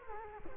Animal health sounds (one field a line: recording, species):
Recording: mosquito wingbeat signal from an infrared sensor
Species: Culex quinquefasciatus